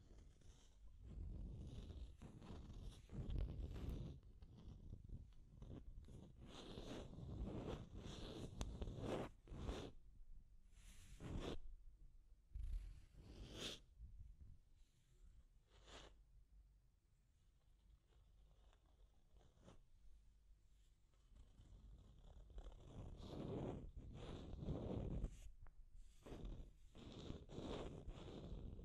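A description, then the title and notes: Deep scratching in uneven bursts, rough strokes with a heavy low rumble and sharp bright edges. Busy stretches at the start and end come in quick repeated rasps, while a quieter middle section from about 15 to 21 seconds holds only scattered scrapes. Deep Scratching. (No Talking).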